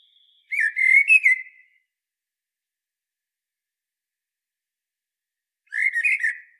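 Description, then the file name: Common blackbird singing two mellow, fluted warbles separated by a long silence, each phrase about a second long with thin, squeaky overtones. "Turdus merula"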